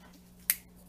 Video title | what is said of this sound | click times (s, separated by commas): black prince knife | it snaps right into place so you got to be very careful with this knife | 0.5 s